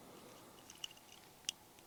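A tight-fitting removable hood is being refitted onto a 1:64 diecast car body, with faint handling noise and small sharp ticks at about 0.7, 0.8 and 1.5 seconds. Nothing has seated or clicked into place yet.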